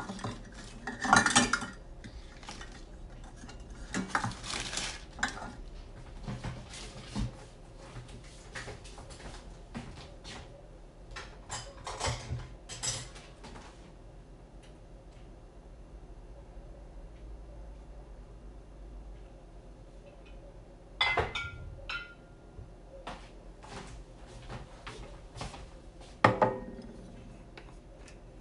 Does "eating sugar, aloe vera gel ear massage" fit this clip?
no